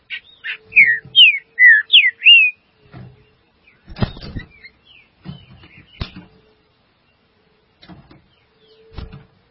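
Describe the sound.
Green-winged saltator singing a rapid phrase of several rich, slurred whistles, then falling silent amid sharp knocks, clicks and rustling.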